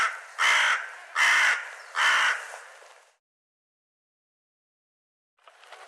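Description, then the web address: Bird calls: three loud, coarse caws about a second apart, then quiet, and the start of another call at the end. "cianscape birddata Deverinetal 2025 Bird"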